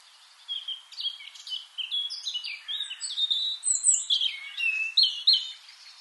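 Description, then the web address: European robin song, a rapid, varied stream of high twittering and sliding whistled notes, jumbled and sparkling, continuing for several seconds. "SETE data Erithacus rubecula"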